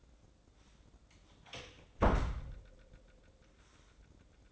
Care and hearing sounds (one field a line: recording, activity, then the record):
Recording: daily activity, microphone in the room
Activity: close door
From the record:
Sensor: 3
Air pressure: 1012.3 hPa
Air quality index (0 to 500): 182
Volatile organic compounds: 3 ppm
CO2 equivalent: 1390 ppm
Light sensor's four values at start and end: 537/1334/550/564 and 536/1332/550/563